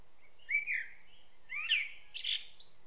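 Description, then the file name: Common blackbird song: a soft, low whistled warble followed by higher squeaky twittering, over faint background hiss. "Turdus merula"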